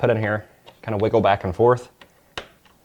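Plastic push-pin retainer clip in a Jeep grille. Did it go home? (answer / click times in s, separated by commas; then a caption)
released / 2.4 s. Someone talks while a screwdriver is worked into a plastic push-pin retainer clip holding a Jeep grille, wiggled back and forth, and the clip's center pin is pulled up. A short, sharp click sounds at 2.4 s as the pin snaps into its released position, opening the clip.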